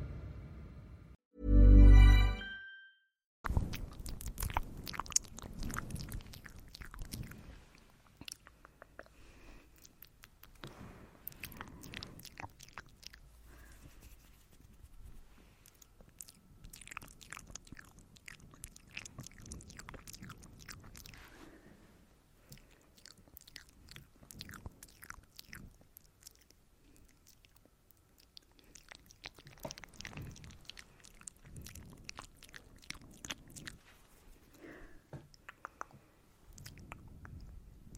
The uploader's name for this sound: ASMR mouth sounds + hand movements